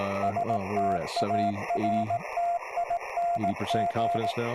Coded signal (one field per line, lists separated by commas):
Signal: Morse code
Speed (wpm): 18 wpm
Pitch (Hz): 690 Hz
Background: speech, radio noise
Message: STARTING